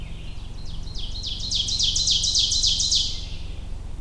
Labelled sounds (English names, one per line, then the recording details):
Ovenbird song
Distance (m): 10 m
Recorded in boreal forest in Alberta, Canada, on 22 June 2016 at 08:30
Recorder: SongMeter 3, array SBT-6-76
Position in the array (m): 307 m, 74 m
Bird 1